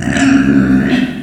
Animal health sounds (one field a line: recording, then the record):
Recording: squeal of a Yucatan mini pig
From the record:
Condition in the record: after surgery on the right vocal fold (resection and tissue-engineered implant)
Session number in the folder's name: 3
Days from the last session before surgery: 21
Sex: female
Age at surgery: 19 weeks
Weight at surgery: 25 kg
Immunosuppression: prednisolone